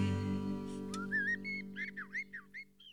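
Eurasian blackbird song: after a second of quiet, fluty whistled phrases near mid pitch give way to quick twittering notes, over a steady low humming drone.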